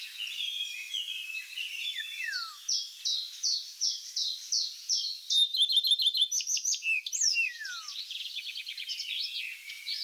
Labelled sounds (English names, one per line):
Common Redstart song